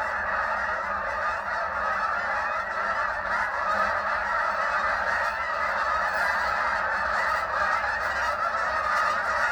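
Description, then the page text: Canada goose flock giving a dense, continuous chorus of overlapping nasal honks, unbroken and steady throughout with no clear pauses. Recorded in Maryland. "Maryland Biodiversity. Canada Goose ( Branta canadensis )"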